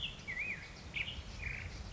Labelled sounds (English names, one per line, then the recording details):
Black-headed Grosbeak
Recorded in Sonoma County, California